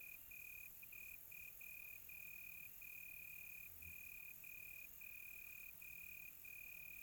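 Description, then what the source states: Cricket trill, sustained and steady with short breaks, over a quiet night background. Crickets on a quiet tropical night, recorded close.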